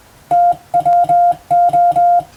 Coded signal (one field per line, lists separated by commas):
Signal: Morse code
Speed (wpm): 20 wpm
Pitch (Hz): 700 Hz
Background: music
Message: TWO